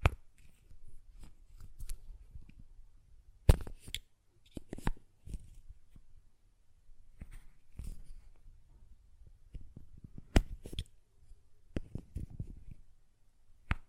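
A glass perfume bottle is handled, with sharp, bright taps and clicks of the lid scattered irregularly through the clip, several coming in quick pairs near 3.5, 5, 10.5 and 12 seconds. Between them, soft low rubbing and shuffling handling noise continues.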